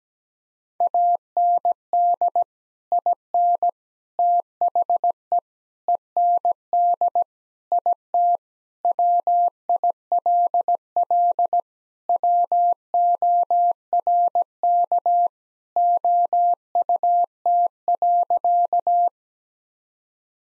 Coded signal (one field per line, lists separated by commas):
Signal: Morse code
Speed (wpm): 17 wpm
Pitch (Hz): 700 Hz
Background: none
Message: AND IN THE END IT WILL WORK OUT.